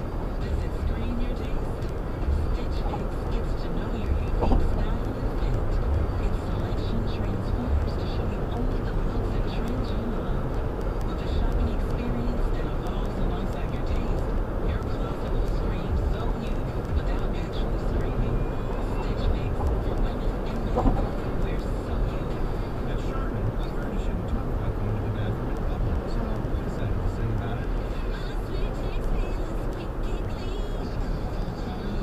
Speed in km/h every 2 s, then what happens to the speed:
109, 109, 109, 113, 114, 116, 118, 118, 119, 119, 119, 116, 113, 109, 105, 105.
0-21 steady at about 116. 21-32 slows to 105.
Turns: none.